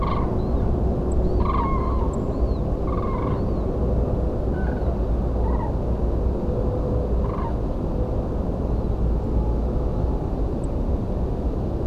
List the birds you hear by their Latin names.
Grus grus, Turdus philomelos